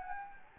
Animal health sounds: mosquito wingbeat signal from an infrared sensor; Anopheles gambiae

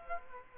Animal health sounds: mosquito wingbeat signal from an infrared sensor; Culex quinquefasciatus

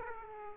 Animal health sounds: mosquito wingbeat signal from an infrared sensor; Aedes aegypti

